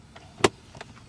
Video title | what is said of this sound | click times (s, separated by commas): 2020 Audi Q7 Review - Refreshed and Refined | that will lock into place and now you can hop into the third row | 0.4 s